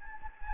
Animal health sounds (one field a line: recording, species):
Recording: mosquito wingbeat signal from an infrared sensor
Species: Anopheles gambiae